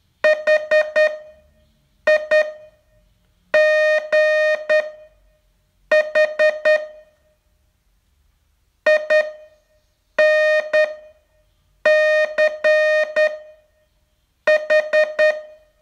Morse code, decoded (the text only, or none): HIGH INCH